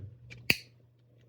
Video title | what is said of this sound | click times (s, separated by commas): Sphero Ollie/Darkside Battery Replacement/Upgrade | here it is with the clips just clicked back in place. | 0.5 s